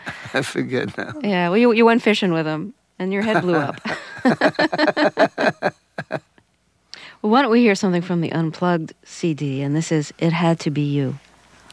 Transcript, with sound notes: I forget now.
Yeah. Well, you went fishing with him, and your head blew up.
(LAUGHTER)
Well, why don't we hear something from the "Unplugged" CD, and this is "It Had to Be You."